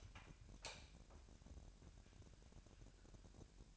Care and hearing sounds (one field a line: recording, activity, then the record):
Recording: daily activity, microphone in the room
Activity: light on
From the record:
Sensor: 2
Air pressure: 1011.8 hPa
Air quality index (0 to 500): 208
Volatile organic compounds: 3 ppm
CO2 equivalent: 1472 ppm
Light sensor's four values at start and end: 10/24/10/10 and 14/34/15/15